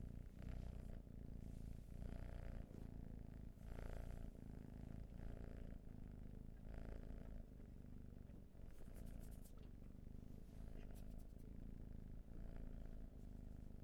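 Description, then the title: Cat purring loudly, a rich low rumble rising and falling with regular breaths roughly every second, with light rustling near the middle. Purring, raw and unprocessed. "Purrathon"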